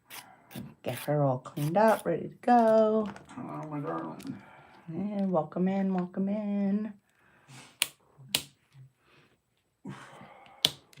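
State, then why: Seated. A plastic nail tip is pushed into the finger of a nail-practice trainer hand while someone talks. Three sharp clicks are heard at 7.8, 8.4 and 10.7 seconds. The three clicks show the tip has locked in securely and won't fly out when it is filed.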